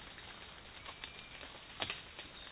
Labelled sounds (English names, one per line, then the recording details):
none
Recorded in secondary vegetation near Puerto Asís, Putumayo, Colombia, on 30 June 2025 at 13:30
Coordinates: 0.485, -76.322
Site GP06